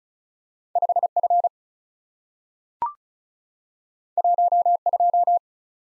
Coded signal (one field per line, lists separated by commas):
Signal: Morse code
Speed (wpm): 36 wpm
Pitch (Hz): 700 Hz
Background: none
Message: 5 F 1 2